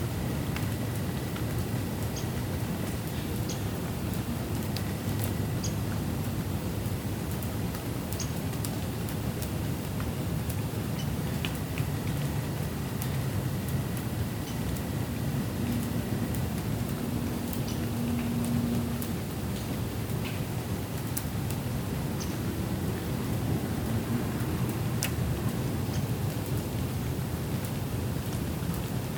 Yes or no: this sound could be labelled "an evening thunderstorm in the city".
yes